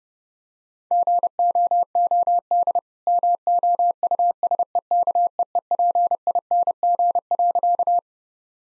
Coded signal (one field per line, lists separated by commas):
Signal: Morse code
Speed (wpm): 32 wpm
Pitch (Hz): 700 Hz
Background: none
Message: GOOD MOUSEKEEPING.